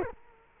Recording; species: mosquito wingbeat signal from an infrared sensor; Culex quinquefasciatus